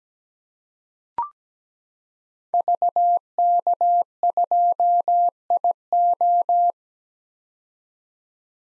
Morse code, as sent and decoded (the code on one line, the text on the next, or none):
...- -.- ..--- .. ---
VK2IO